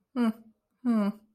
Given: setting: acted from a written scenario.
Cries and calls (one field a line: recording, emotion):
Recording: vocal sound without words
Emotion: pride